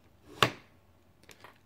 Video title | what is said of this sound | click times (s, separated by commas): 3D printed M41A Pulse Rifle progress part 3 | magazine will slide in, and then clicks into place, so the magnets hold it into place, and your counter's reset and ready to go. | 0.4 s